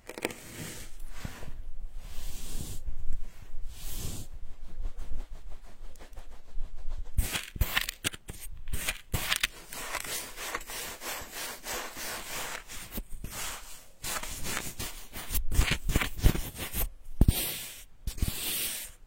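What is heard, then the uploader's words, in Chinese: Soft sand shifts and crunches in dense, grainy bursts, quieter at first, then busier and louder after about seven seconds. 软沙的声音，真的好听。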